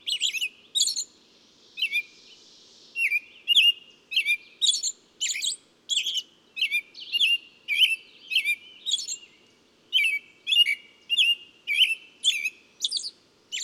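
Bird song: rapid series of crisp chirps, about two each second, with a brief hissy patch early on.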